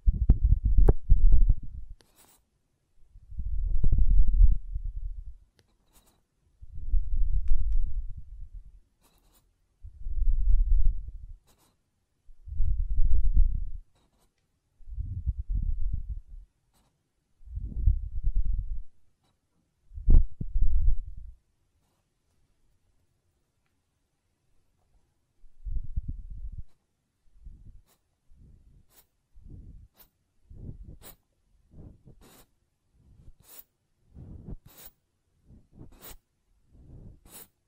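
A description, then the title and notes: Ear blowing comes as low, rumbling puffs about every two to three seconds, then a pause and quicker, fainter scratchy strokes of ear cleaning. ASMR Ear Cleaning and Blowing (No Talking).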